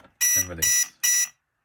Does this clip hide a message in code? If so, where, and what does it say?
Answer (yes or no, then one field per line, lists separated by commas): no